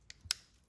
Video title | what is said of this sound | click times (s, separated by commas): Headlight Housing Replacement on a 2015 Ford Mustang 3.7L V6 | you go, you hear that little click now. | 0.3 s